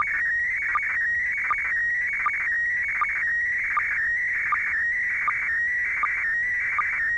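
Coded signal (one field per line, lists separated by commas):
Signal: SSTV (slow-scan television)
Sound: warbling tone around 2 kHz with short low sync blips every three-quarters second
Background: radio static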